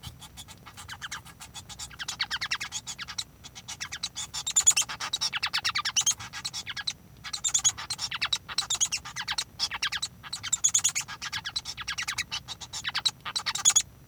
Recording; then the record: song of a male Bengalese finch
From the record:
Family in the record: son of father 1